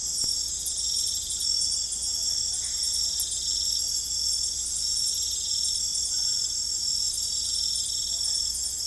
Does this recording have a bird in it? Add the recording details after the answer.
no. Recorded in secondary vegetation near Puerto Asís, Putumayo, Colombia, on 16 December 2024 at 20:30. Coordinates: 0.468, -76.324. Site G095